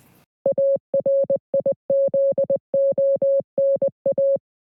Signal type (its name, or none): Morse code